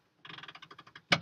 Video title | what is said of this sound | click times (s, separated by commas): Child Passenger Safety Education at Discharge | That means the seatbelt's locked. | 0.2 s, 0.5 s, 0.6 s, 1.0 s, 1.1 s